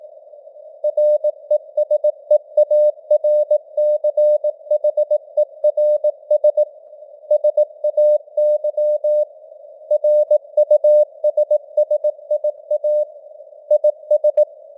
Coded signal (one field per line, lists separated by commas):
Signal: Morse code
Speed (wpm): 18 wpm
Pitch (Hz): 600 Hz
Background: none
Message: RESEARCHERS SAY RUSSIA IS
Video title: Morse Code News | 2025-12-27 | 18wpm